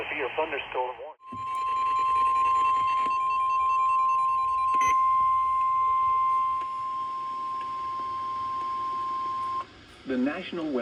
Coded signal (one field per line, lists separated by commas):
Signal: Emergency Alert System (SAME) tones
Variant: 1050 Hz attention tone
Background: speech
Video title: EAS Alerts from 8/9-8/11 (EAS #202-217)